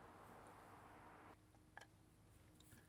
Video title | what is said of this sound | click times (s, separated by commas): The Complete Fiat 500 Oil Change How To Tutorial | drop in your new filter make sure it clicks into place and you're ready to go | 1.8 s